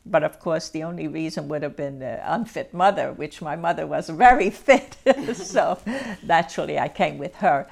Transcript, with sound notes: But of course the only reason would have been the unfit mother, which my mother was very fit (she laughs) so, naturally, I came with her.